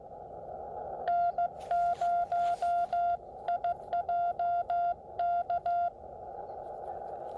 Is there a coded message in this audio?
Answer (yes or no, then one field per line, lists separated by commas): yes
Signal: Morse code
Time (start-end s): 1.1-5.9 s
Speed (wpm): 15 wpm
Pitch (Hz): 700 Hz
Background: none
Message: N0IJK